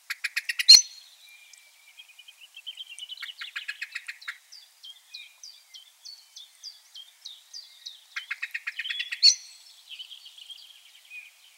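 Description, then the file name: Common blackbird calls: rattling series of sharp clicking notes with a loud squeak, then slower ticks and a second rapid burst; faint high chirps between. "Turdus merula"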